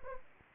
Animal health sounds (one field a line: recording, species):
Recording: mosquito wingbeat signal from an infrared sensor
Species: Anopheles arabiensis